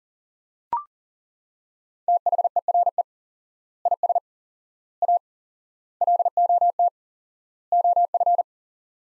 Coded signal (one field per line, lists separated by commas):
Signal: Morse code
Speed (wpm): 40 wpm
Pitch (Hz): 700 Hz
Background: none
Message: THERE IS A LOT OF